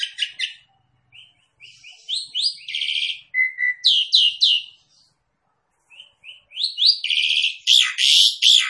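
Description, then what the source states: Javan pied starling calling, scattered short notes building into harsh chattering and buzzy phrases, a pause, then louder grating chatter at the end. Lure call, meant to make another bird start calling right away.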